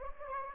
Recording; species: mosquito wingbeat signal from an infrared sensor; Anopheles gambiae